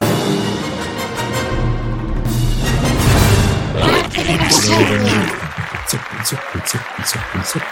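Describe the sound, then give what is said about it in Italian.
A loud, brassy opening theme jingle with dense layered tones and sustained chords, ending in a punchy rhythmic section of regular, evenly spaced beats. “Sigla!”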